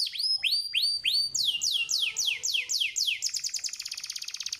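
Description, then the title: Canary song with upward-swept whistles repeated several times, then quicker falling chirps speeding into a dense rolling trill. Canary master song, recorded for training other canaries to imitate; described as gacor, meaning singing energetically and continuously. "MASTERAN KENARI GACOR MUDAH DI TIRU."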